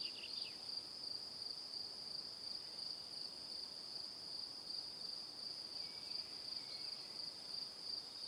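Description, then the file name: Crickets chirp in rapid pulses over a continuous high-pitched trill. Evening. "Calm - Evening Crickets"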